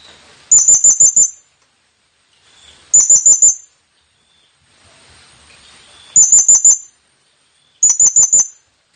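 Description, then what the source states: Blue-crowned hanging parrot: very high, rapid squeaky note bursts, four bursts of a few notes each, repeated at uneven intervals. Presented as an effective lure call for attracting the bird; local name serindit.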